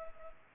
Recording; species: mosquito wingbeat signal from an infrared sensor; Culex pipiens